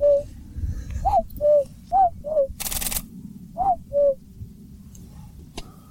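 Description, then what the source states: Common Cuckoo song, clear two-note cu-coo phrases, a higher note dropping to a lower one, given three times after a single opening low note, with one loud burst of noise and low background rumble. Calling during a flyby over heathland, on a night-time outing searching for nightjars.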